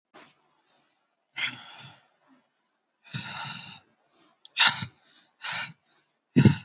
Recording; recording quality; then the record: shallow breathing; excellent, no background noise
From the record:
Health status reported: recovered from COVID-19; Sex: male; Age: 18 years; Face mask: not worn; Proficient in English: yes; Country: India